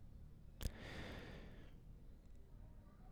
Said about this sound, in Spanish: Escucho mi respiración, mi contención y un bucle infinito.